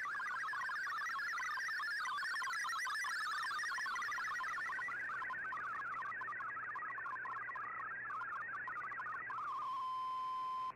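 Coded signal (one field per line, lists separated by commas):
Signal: multi-tone FSK (Olivia or MFSK type)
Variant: MFSK32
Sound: rapid warbling chirpy tones hopping within a narrow band, ending in a steady tone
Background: radio static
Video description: Here is my decode of the Shortwave Radiogram broadcast today on 15770Khz shortwave radio at 1330UTC in MFSK32 and 64 with 11 SSTV images.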